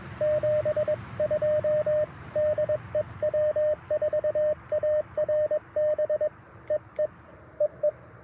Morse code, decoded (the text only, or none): 72 DE W4ARB EE EE